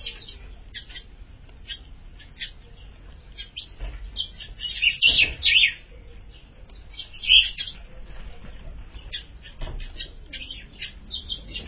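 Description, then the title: Ultramarine grosbeak song: scattered high chirps build into a loud warbled burst near five seconds, another bright note around seven, then soft twittering continues. "Azulao"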